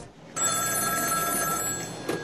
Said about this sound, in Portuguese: O médico está em casa quando o seu telefone toca.